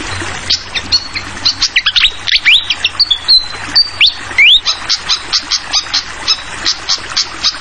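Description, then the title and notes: Fantail song: rapid sharp chirps and clicks with rising and falling whistled slurs, several held high whistles midway, over a steady soft hiss. Tutoring recording (masteran) for training songbirds, clear voice, mixed with the sound of flowing water. "Masteran Sikatan Kipas Suara Jernih Dan Suara Gemericik Air. Suara Burung Sikatan Londo"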